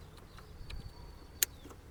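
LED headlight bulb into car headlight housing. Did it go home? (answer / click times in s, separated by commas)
yes / 1.4 s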